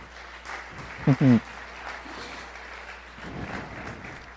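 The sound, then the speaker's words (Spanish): A church audience at a sermon at Piedras Vivas, February 2016, claps for God in a steady, crackling wash of applause, with a couple of short, loud voiced shouts rising over it and murmured talk underneath. “Dale un aplauso a nuestro Dios.”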